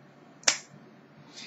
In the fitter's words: so that's a click of an opening